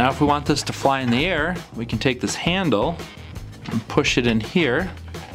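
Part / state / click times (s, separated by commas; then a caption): toy handle into plastic toy vehicle / not seated / none. A plastic handle is being pushed into a socket on a plastic toy vehicle so that it can fly, while someone talks over background music. The handle is handled but not yet home, and nothing has seated or clicked yet.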